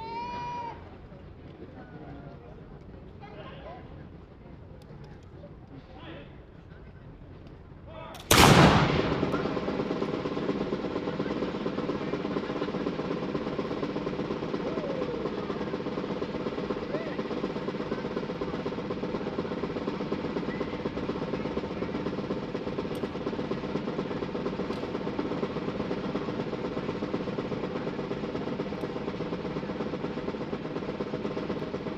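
A shooting demonstration: after about eight seconds of quiet murmur with faint scattered sounds, a single loud gunshot cracks out. The blast leaves a lingering rumble, and a steady wash of crowd noise stays noticeably louder through the rest.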